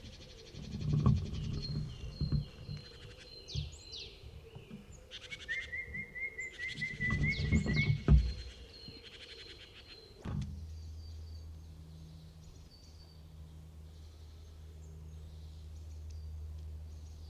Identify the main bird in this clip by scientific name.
Parus major